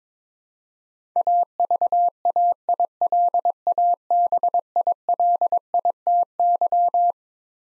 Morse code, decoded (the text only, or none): AVAILABILITY